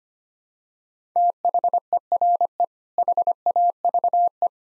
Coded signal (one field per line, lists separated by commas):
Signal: Morse code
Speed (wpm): 25 wpm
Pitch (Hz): 700 Hz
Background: none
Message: THERE HAVE